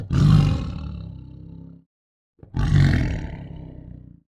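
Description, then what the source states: Tiger growling twice, each a deep rumbling growl of about two seconds with a rasping edge, separated by a short pause. Tiger growl described as tense and soft.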